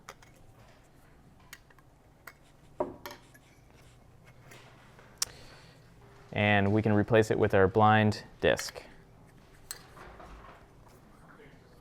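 A metal blind disc is being handled and fitted toward a La Spaziale 53mm espresso machine portafilter for backflushing, after its metal screen was gently pried out with a flathead screwdriver. Small, sharp metallic clinks and taps are heard throughout, with someone talking in the middle. Nothing has seated or clicked yet by the end of the clip.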